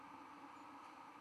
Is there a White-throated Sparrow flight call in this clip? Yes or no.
no